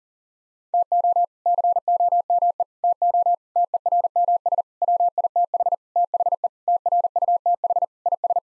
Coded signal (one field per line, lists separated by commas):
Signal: Morse code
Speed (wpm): 40 wpm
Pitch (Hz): 700 Hz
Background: none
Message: TO COME TO TERMS WITH THE TRUTH IS